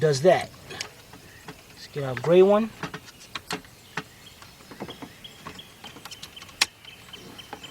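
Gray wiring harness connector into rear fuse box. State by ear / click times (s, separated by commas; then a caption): seated / 6.6 s. Someone talks while a gray wiring harness connector is pushed into a replacement rear fuse box on a Cadillac DTS, with light handling clicks along the way. A sharp snap at 6.6 seconds marks the connector latching into place, fully seated.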